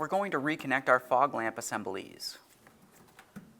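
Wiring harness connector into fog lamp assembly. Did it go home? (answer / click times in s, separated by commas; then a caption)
no / none. Someone talks about reconnecting the fog lamp wiring harness connector to the fog lamp assembly under the bumper cover of a 2009-2019 Ford Flex, followed by a few faint, quiet handling taps. The connector has not seated or clicked in yet.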